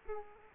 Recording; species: mosquito wingbeat signal from an infrared sensor; Culex quinquefasciatus